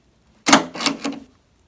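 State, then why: Released. On a Jeep Liberty liftgate with the switch harness unplugged, a jumper wire bridges the two connector terminals to power the rear window latch. The latch actuator fires with a sharp mechanical clack at 0.5 s, followed by a couple of softer clattering knocks that fade out by about 1.3 s. The glass latch releases open, confirming the latch works and pointing to the micro switch as the likely fault.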